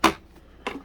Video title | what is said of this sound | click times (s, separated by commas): NEW Dirt Devil Multi-Surface Total Home Pet Unboxing & Assembly Tutorial (UD76410) | So we're going to push this up until it clicks into place. | 0.7 s